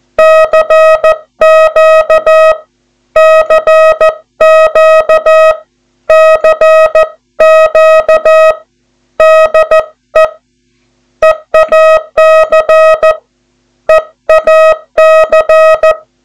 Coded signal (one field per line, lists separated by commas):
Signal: Morse code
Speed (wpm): 14 wpm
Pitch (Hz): 640 Hz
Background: music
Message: CQ CQ CQ DE EAC EAC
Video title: S2CN - Señales de Alarma Radiotelegráfica, Socorro, Urgencia y Seguridad